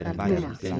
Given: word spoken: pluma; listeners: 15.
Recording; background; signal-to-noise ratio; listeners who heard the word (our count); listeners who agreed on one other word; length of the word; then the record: one Spanish word in noise, from a listening test; four-talker babble; 0.2 dB; 1 of 15; 8 of 15; 0.40 s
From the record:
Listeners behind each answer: 8, 2, 1, 1, 1, 1, 1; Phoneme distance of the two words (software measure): 54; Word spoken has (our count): 2 syllables, 5 phonemes, stress on syllable 1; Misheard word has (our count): 3 syllables, 7 phonemes, stress on syllable 2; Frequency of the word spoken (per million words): 14.56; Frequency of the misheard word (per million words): 22.31